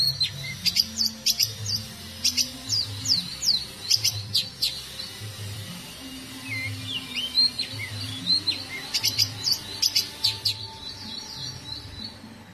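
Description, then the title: Long-tailed shrike song of slurred whistles and quick rising and falling notes mixed with sharp ticks, fading toward the end, over a low background hum. Combination song style. "Cendet Kombinasi"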